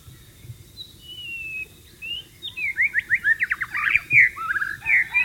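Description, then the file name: White-rumped shama song, a thin drawn-out whistle, then a quick run of sharp descending notes and warbled phrases. "suara burung murai batu di alam liar"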